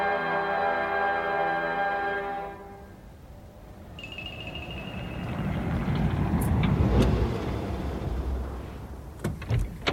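A car being driven quickly to Wimpole Street drones with a steady, buzzing engine hum, then gives way to a broad road rumble that swells and fades, ending with a few sharp clicks. No one speaks.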